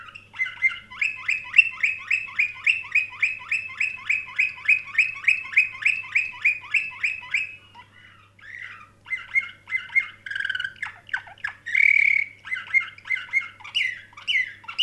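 Canary singing a long even trill of repeated chirps, then a short pause followed by varied whistles, a rich warble and further trilled phrases.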